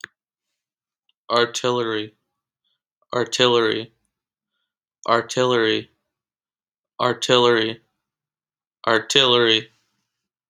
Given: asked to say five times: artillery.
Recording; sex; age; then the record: repeated word; male; 20 to 29 years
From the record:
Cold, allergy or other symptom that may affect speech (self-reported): no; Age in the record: 29 years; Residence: Illinois, United States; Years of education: 16